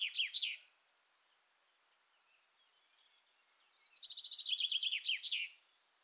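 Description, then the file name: Common chaffinch song: the tail of one phrase, a thin high whistle, then a full trill that falls in pitch and ends with a flourish. "Fringilla coelebs"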